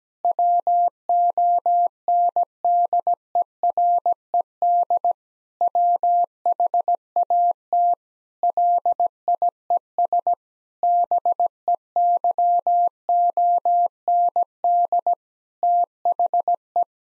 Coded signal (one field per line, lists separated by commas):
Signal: Morse code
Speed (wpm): 17 wpm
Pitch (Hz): 700 Hz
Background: none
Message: WONDERED WHAT LIES BEYOND THE